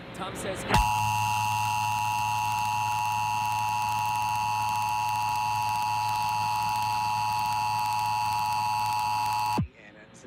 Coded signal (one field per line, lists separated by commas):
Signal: Emergency Alert System (SAME) tones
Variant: 853 and 960 Hz attention tone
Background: speech